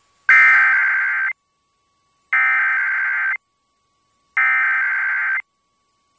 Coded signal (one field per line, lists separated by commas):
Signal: Emergency Alert System (SAME) tones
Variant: header bursts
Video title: [EAS #2353-#2354] Hello KLOVE and your Random Weeklies